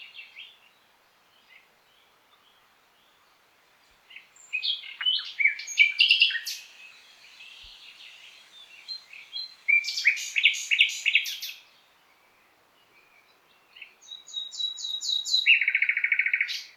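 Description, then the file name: Common nightingale giving several varied song phrases: scratchy chirps, bursts of fast clicking notes, a series of high repeated whistles, and a closing low buzzy trill. No other sounds. "Luscinia megarhynchos"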